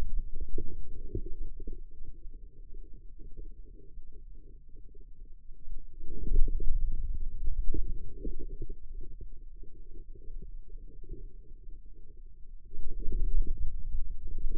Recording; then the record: forearm muscle sounds (acoustic myography)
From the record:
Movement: inward rotation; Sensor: system 2, bracelet of six BSWA MPA416 microphones around the upper forearm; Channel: 5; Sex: male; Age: 22 years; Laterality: right